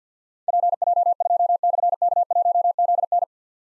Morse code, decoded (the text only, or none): PJ2/K1ZN